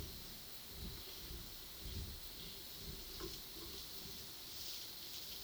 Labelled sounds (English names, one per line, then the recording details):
none
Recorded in pastures near Puerto Asís, Putumayo, Colombia, on 21 February 2024 at 10:00
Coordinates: 0.497, -76.327
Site G7276